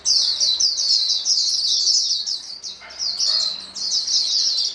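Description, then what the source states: White-eye chorus of high, thin twittering phrases, overlapping and nearly continuous, with a brief lull near the three-second mark before the chatter resumes. Chorus of many white-eyes singing together.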